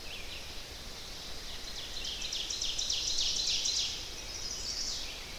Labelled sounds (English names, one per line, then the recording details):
Ovenbird song
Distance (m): 55 m
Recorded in boreal forest in Alberta, Canada, on 10 June 2016 at 07:50
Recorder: SongMeter 3, array SBT-3-39
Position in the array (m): 325 m, 145 m
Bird 19